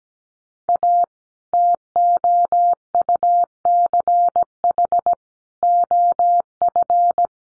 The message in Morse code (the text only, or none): A TOUCH OF